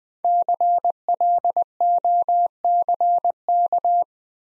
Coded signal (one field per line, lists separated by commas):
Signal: Morse code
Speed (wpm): 20 wpm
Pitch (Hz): 700 Hz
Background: none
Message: CLOCK